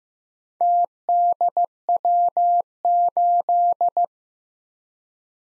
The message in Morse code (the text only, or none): TDW8